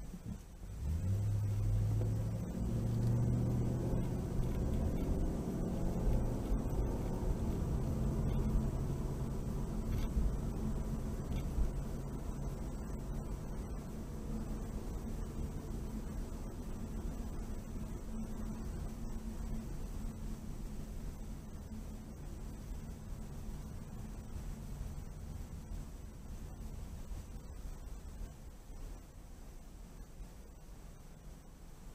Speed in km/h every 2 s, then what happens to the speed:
3, 18, 29, 35, 39, 37, 35, 32, 27, 24, 21, 18, 15, 10, 5, 3.
0-8 speeds up to 39. 8-29 slows to 3.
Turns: none.